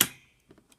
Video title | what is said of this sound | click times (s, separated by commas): Hackintosh build video | so there you go that's that click | 0.0 s